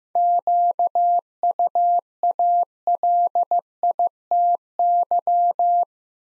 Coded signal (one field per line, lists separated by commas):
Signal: Morse code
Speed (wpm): 16 wpm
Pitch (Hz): 700 Hz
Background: none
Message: QUALITY